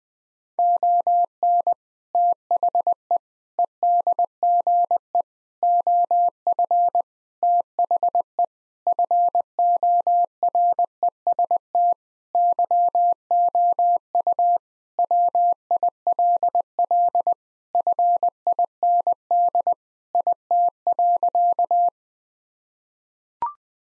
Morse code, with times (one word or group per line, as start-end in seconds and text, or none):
0.6-1.7 ON
2.1-3.2 THE
3.6-5.2 EDGE
5.6-7.0 OF
7.4-8.4 THE
8.9-11.9 FOREST
12.3-14.6 YOU
15.0-17.3 WILL
17.7-19.7 FIND
20.1-21.9 IT.